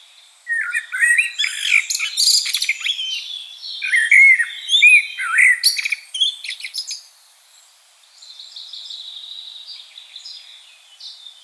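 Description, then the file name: Common blackbird song: several rich fluted phrases mixed with thin, scratchy high twitters, then a quieter stretch of faint high notes. "Turdus merula"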